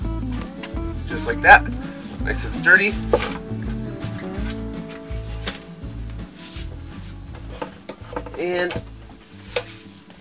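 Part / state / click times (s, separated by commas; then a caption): hinged table leg locking into a fold-down table frame / seated / 9.6 s. A hinged leg on a homemade fold-down table in a bus is swung into position and locks into the table frame with a sharp click at 9.6 s. Someone talks over background music, with a few knocks and handling sounds beforehand. The leg is seated and locked in place.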